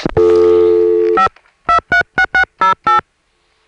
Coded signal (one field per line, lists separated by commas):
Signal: DTMF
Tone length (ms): 110 ms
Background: music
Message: 5 236608